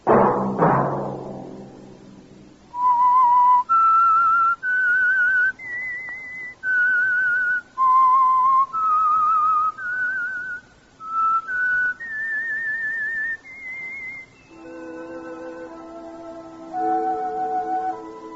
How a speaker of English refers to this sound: Let that whistle be your signal for the Signal Oil program, The Whistler, each Sunday night at this same time.